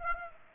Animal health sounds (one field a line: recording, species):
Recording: mosquito wingbeat signal from an infrared sensor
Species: Aedes aegypti